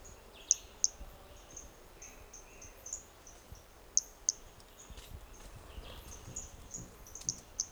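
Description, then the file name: Hermogenes's toadlet calling with sparse, sharp, very high notes, mostly in pairs, separated by quiet gaps, with faint hiss behind. One individual at Trilha do Ipiranga; unknown starting notes of the call, with an interruption; recording held in the MHNCI collection. "MHNCI Brachy hermogenesi Trilha do Ipiranga ind 1 e unknown starting notes with interruption"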